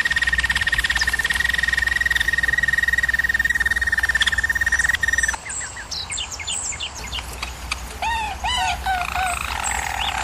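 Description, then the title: German Roller canary singing a long, even rolled trill for five seconds, then softer broken whistles and short looping notes. German Roller canary singing, for canary training. "German Roller Canary Singing - Canary Training Vid"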